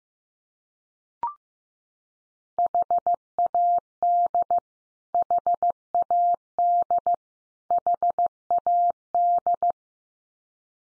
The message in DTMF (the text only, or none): none